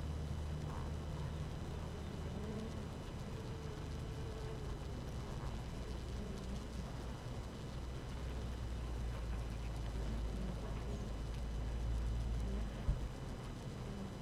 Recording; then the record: honeybee colony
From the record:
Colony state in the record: active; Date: 12 June 2018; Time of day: 5:59